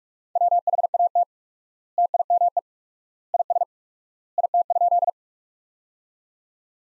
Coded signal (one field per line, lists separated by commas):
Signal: Morse code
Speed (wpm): 46 wpm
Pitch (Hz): 700 Hz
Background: none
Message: WHAT TIME IS IT?